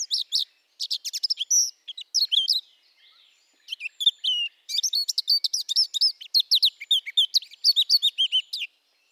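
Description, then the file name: Eurasian blackcap singing bursts of rapid, varied warbling notes, some sweeping up or down, with a brief pause near the middle before a long busy stretch. "Sylvia atricapilla"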